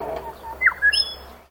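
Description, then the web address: Bird call, a few short chirps in quick succession, the first dropping in pitch, over a soft low hum. "Sound Effects-Foundation 1 BIRD CALL SA UNKNOWN"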